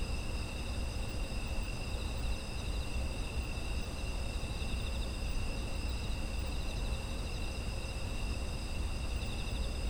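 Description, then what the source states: Insects trilling in a dense, unchanging chorus at several pitches, with deep background rumble running the whole time. Autumn insects; ambient environmental sound offered as background audio.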